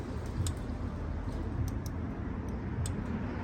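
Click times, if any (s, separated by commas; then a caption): 0.5 s, 2.9 s. A click-type torque wrench tightens a spark plug into the cylinder head of a Dodge Charger 3.6 V6 engine, giving a sharp click at 0.5 s and a second click at 2.9 s over a low, steady background hum. The wrench clicks at its torque setting both times, confirming the plug is tightened to spec, so tightening stops there to avoid overtightening.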